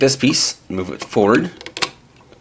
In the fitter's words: two clicks like that